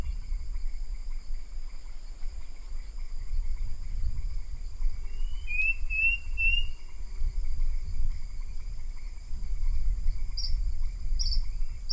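Bird giving a brief run of slurred whistled notes midway, with a few faint high chirps later, over steady low rumbling noise and a thin constant hum.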